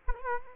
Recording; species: mosquito wingbeat signal from an infrared sensor; Culex quinquefasciatus